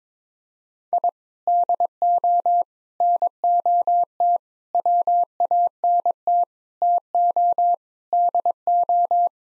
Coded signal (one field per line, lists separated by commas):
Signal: Morse code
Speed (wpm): 22 wpm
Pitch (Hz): 700 Hz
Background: none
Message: I DO NOT WANT TO DO